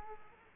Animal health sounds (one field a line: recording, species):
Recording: mosquito wingbeat signal from an infrared sensor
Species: Culex quinquefasciatus